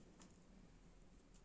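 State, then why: Not seated. A switch retainer is pushed onto its terminals inside a vacuum cleaner during reassembly. Against a low steady hum there are only faint ticks, the most noticeable at about 0.2 s. The retainer has not seated or clicked into place.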